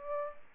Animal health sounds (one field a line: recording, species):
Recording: mosquito wingbeat signal from an infrared sensor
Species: Aedes aegypti